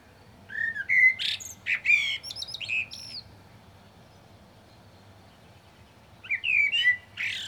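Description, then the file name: Common blackbird singing a fluty warbled phrase with squeaky high twitters, a pause of about three seconds, then the next mellow phrase begins. "Turdus merula"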